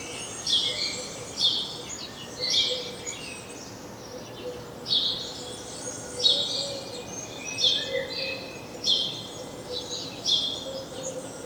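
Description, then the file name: House sparrow giving a series of harsh chirps at irregular intervals, over steady background noise. "Passer domesticus"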